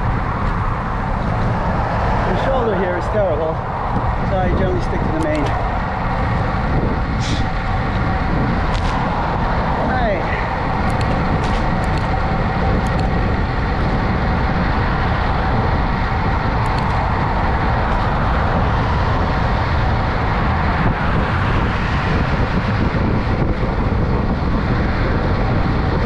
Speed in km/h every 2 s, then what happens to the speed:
26, 27, 31, 34, 35, 39, 42, 45, 45, 47, 50, 50, 52.
0-14 speeds up to 45. 14-26 steady at about 47.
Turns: none.